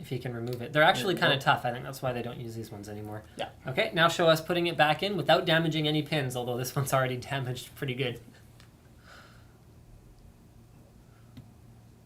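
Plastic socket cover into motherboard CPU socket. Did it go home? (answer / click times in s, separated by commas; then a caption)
no / none. Someone talks over the handling of an older-style plastic CPU socket cover that is being put back onto a motherboard socket, under the retention bracket, without touching the pins, whose pins are already damaged. After the talking stops around 8.2 s, only quiet handling follows, with faint small ticks near 8.6 s and 11.4 s. Nothing has seated or clicked yet.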